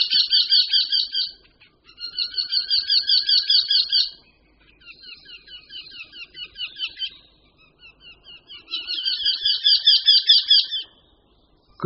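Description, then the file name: Eurasian wryneck giving several runs of quick nasal repeated notes, some loud and some softer, separated by short pauses. "Krutihlav-obecný"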